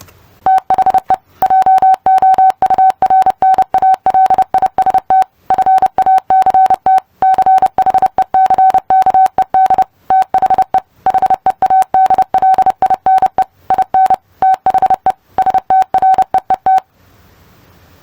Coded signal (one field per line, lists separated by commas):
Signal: Morse code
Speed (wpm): 30 wpm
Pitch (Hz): 760 Hz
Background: none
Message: THE JOURNALIST FACT CHECKED THE HEADLINE IN THE STREET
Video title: Testing comprehension of morse code. #morsecodepractice #morse #morsecode